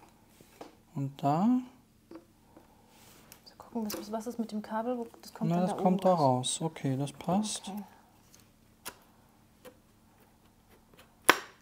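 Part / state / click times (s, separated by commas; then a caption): pole segment snapping into the T-piece of the garden robot data center mount / seated / 11.3 s. A mounting pole segment for a garden robot data center mount, with its cable routed out through an opening, is pushed into the T-piece while someone talks. After several faint ticks, a single sharp, loud snap at 11.3 s marks the pole section seating in place.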